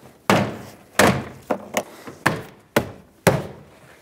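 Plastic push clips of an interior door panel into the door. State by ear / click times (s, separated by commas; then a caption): seated / 0.3 s, 1.0 s, 2.3 s, 2.8 s, 3.3 s. The plastic push clips of the interior door panel on a 2007-2014 Chevrolet Silverado 2500HD front door, during a door latch replacement, are lined up and tapped into the metal door. A series of sharp thunks and snaps is heard, with clips seating home at 0.3, 1.0, 2.3, 2.8 and 3.3 seconds.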